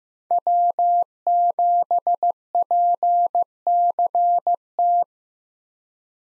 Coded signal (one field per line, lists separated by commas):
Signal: Morse code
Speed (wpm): 15 wpm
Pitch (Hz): 700 Hz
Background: none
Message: W7PCT